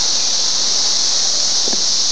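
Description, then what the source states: Cicadas in a steady, high, unbroken buzzing chorus that holds the same pitch without pause. June 2004.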